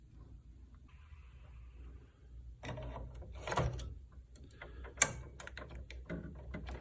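The orange cap is popped off an ink cartridge for an HP Office Jet 6500 printer, and the cartridge is slotted into its matching carriage slot and pushed down on the tab. Plastic handling and rustling sounds build from about 2.6 s, with a few brief knocks around 3.5 s. A sharp click at 5.0 s marks the cartridge locking into place, followed by faint ticks.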